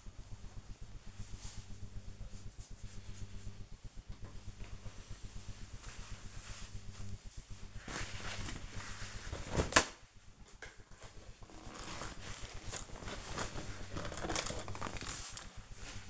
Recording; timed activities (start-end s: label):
household activities, microphone on the right wrist
3.63-16.10 s: window cleaning